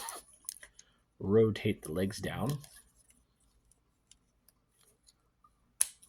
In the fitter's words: slide it into his back till it clicks